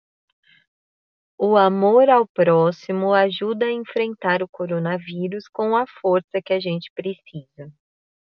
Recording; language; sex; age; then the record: spoken sentence; Brazilian Portuguese; female; 30 to 39 years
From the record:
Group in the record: control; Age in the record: 31 years